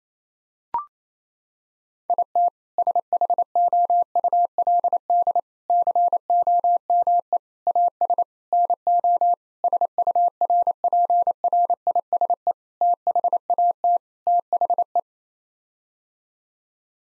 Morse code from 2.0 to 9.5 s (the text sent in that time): IT SHOULD COME AS NO